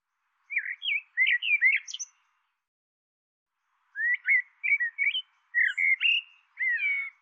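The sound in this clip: Bird producing two runs of looping, whistled chirps, the first brief, the second longer after a gap of about two seconds; nothing else audible.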